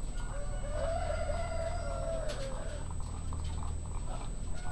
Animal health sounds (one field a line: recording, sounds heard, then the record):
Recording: poultry house recording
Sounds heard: sick chickens (respiratory disease)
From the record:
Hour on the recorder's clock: 0